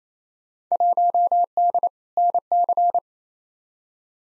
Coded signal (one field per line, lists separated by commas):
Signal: Morse code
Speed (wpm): 28 wpm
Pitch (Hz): 700 Hz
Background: none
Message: 1D NC